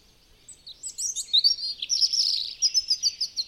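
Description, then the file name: European robin song phrase: scattered high squeaky notes rising into a sustained shimmering trill, closing with a run of quick repeated ticks. "Erithacus rubecula"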